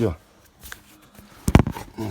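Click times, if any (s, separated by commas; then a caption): 1.6 s. After a new cabin air filter is fitted into the glovebox filter housing of a Hyundai Santa Fe 2.2 diesel, the cabin air filter cover or filter frame is pushed in and clicks sharply at 1.6 s. Someone talks before and after, and the cover is seated and locked in place.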